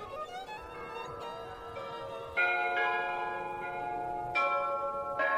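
The bell of St. Nicholas's Red Church, an old patterned, many-domed Moscow church from the time of Alexei Mikhailovich opposite Touchard's boarding school, rings out in several firm strikes, each leaving long, shimmering metallic overtones that layer and hum together, growing a little louder partway through. No one speaks.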